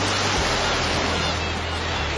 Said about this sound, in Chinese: 有多久没有听到大海的涛声了？